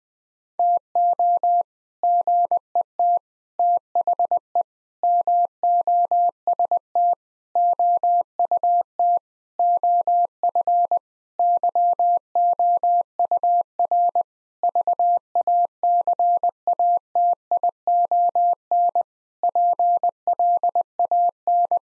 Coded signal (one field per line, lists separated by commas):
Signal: Morse code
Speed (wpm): 21 wpm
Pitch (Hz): 700 Hz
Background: none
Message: TO GET THE MOST OUT OF YOUR VACATION PLAN